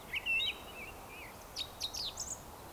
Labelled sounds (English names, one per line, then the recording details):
Eurasian Woodcock whistle
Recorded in Baden-Württemberg, Germany, on 27 June 2020 at 19:50 UTC
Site 43791, 788 m above sea level